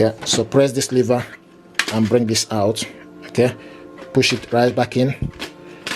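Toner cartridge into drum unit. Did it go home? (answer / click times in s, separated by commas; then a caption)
no / none. Someone talks while pressing the lever on a Brother DCP-1612W, pulling the plastic toner cartridge out of the drum unit, and pushing it back in. Nothing has seated or clicked yet; the clip ends just before the cartridge goes home.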